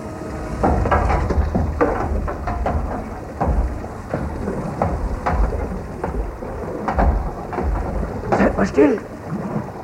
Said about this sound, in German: Still! Hört ihr? Es gegen die Platten schlägt. Das Wasser ist da!